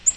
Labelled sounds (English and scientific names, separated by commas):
Yellow-rumped Warbler (Setophaga coronata) flight call